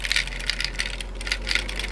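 A small figure sits loose inside the compartment of a Super Fire Dagwon robot toy, which has no latch to hold it. As the toy moves, the figure rattles with light, sharp plastic clatters around 0.1, 0.2, 0.5, 0.8 and 1.5 seconds. It never locks into place, and nothing seats or clicks.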